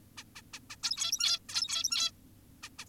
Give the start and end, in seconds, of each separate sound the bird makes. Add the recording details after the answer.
0.18-0.24, 0.36-0.42, 0.54-0.60, 0.70-0.76, 0.84-1.39, 1.49-2.12, 2.63-2.69, 2.79-2.85. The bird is an adult. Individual g17y2U